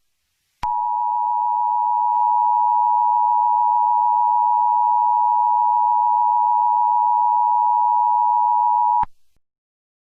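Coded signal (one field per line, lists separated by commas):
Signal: Emergency Alert System (SAME) tones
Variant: 853 and 960 Hz attention tone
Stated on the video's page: Fictional EAS scenario for a bubonic plague event.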